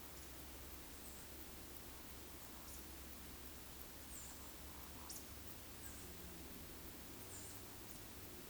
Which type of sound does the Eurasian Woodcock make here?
whistle